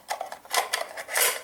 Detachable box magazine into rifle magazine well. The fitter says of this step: we go clicks right in I like that ball